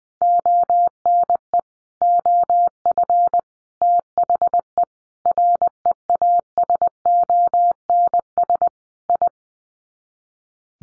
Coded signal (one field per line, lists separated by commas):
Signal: Morse code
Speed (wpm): 20 wpm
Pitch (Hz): 700 Hz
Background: none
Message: ONE OF THE REASONS I